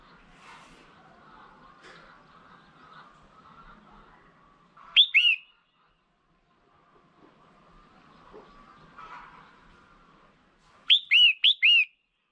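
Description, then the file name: Red-whiskered bulbul giving one short whistled call, then after a pause a quick burst of four clear whistled notes. Female bird. "Tieng chao mao mai"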